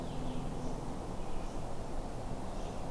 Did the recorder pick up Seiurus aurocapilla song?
no